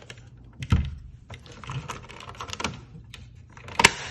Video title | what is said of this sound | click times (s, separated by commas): Unboxing & Review of JoyToy x Warhammer 40K Primaris Space Marine Invictor Tactical Warsuit | okay looks like here everything's locked into place that's my review of this | 3.8 s, 3.9 s